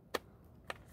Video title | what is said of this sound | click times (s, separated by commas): Vivitar Skyview Drone proper pre-flight and hover | but make sure it clicks in | 0.1 s, 0.7 s